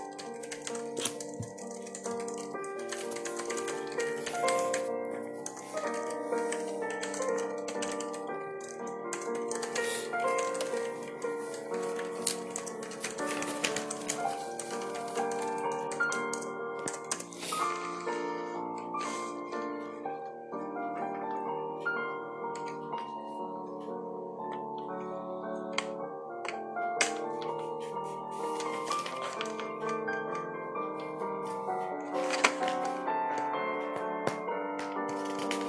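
Soft piano music plays steadily, with sustained, overlapping mid-range notes and a fairly even level. Small dry ticks and taps, like typing or a pencil, are scattered throughout, with a few sharper, brighter clicks around 14 and 32 seconds.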